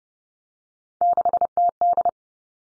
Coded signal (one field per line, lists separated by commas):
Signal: Morse code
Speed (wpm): 30 wpm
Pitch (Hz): 700 Hz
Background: none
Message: 6TD